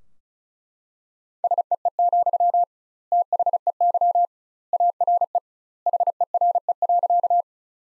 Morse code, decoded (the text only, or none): SEE, THEY ARE HERE.